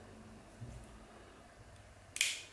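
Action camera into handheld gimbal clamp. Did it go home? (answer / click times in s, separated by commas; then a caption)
yes / 2.2 s. A GoPro action camera is pushed into the clamp of a handheld REMOVU S1 gimbal stabiliser and snaps home. After a quiet stretch with a faint low thump near 0.6 s, a sharp, bright click lands at 2.2 s and rings briefly before fading. The camera is seated in the mount.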